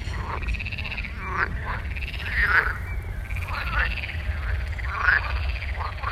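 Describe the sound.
Frog gives rough, rattling croaks in repeated bursts over a steady low background hum.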